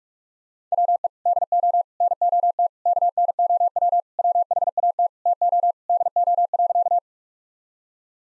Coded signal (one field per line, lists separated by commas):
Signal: Morse code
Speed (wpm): 41 wpm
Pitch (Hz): 700 Hz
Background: none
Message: WE DO NOT KNOW WHAT TO DO.